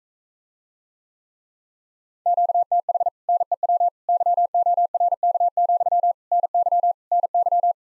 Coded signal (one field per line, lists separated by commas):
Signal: Morse code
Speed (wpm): 45 wpm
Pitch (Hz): 700 Hz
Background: none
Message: QTH NEW YORK, NY NY